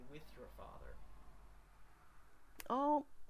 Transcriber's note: audible traffic noise